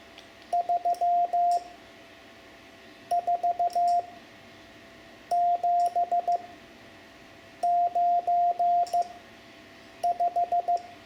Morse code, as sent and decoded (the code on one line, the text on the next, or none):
...-- ....- --... ----. .....
34795